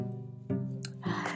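A low, droning, tonal gurgle with brief bursts: an adult's stomach growling, ordinary bowel sounds.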